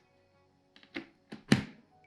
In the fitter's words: ist das jetzt geschlossen aber man hat das Gefühl man müsste noch weiter drücken auch um die visiersperre einrasten zu